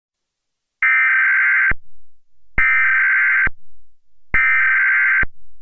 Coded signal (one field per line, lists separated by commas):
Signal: Emergency Alert System (SAME) tones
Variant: header bursts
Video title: EAS scenario - Jupiter Collision